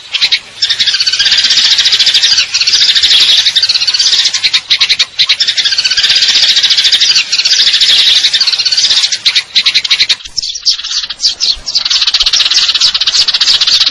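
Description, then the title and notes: Eurasian tree sparrow singing long unbroken high trills of chirps, with a short stuttering break near the end before the trilling resumes. Fighting-style call with long trills, clear sound; a masteran training recording for contest birds; local name burung gereja. "GEREJA TARUNG NEMBAK PANJANG SUARA JERNIH MASTERAN WAJIB BURUNG LOMBA. Burung Gereja"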